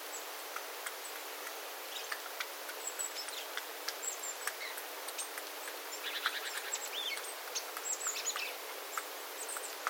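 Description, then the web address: Small birds giving high, sharp calls and a brief rapid twittering burst midway, with water drips clicking through the background. Small flock calling, 9 September 2025, with water dripping from the eaves after rain. "paivat 9 9 2025 pikkulintuparven aantelya vesi tippuu raystaalta sateen jalkeen"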